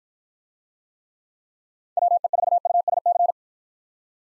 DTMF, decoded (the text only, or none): none